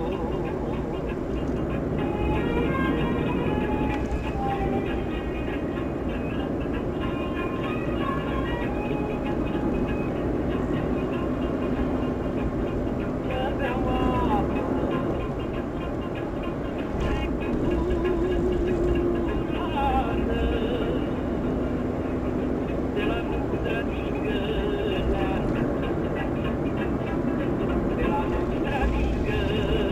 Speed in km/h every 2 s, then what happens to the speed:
67, 68, 69, 71, 73, 75, 75, 74, 73, 73, 75, 77, 76, 75, 74.
0-9 speeds up to 75. 9-30 steady at about 75.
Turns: none.